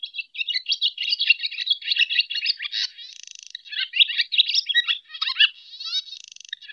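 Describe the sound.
Swallow singing, a fast chattering twitter of high chirps and warbles, broken twice by a dry buzzy rattle.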